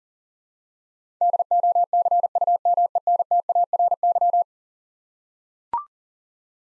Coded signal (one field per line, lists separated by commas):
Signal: Morse code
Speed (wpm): 40 wpm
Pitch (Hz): 700 Hz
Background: none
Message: DOCUMENTARY